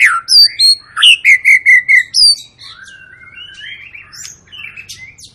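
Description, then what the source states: White-rumped shama song: a fast run of repeated bright whistled notes, then softer rising and falling whistles and chatter trailing off. Long, lively singing used as a lure recording to make other birds sing.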